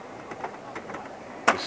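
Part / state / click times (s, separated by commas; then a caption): tow pole base into swim platform mounting plate / seated / 1.5 s. A Magic Marine Tow tow pole base is slid into the receiver plate on a boat's swim platform, with a few faint scraping ticks as it moves in. A sharp, loud click at 1.5 s marks the lock engaging, and the mount is seated and locked in place.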